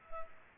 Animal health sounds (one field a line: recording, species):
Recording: mosquito wingbeat signal from an infrared sensor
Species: Culex pipiens